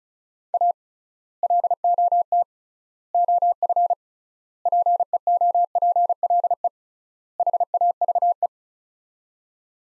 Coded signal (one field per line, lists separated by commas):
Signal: Morse code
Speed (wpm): 36 wpm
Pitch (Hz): 700 Hz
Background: none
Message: A LOT OF PEOPLE HAVE